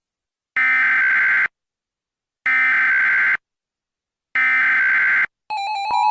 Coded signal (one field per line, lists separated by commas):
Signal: Emergency Alert System (SAME) tones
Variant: header bursts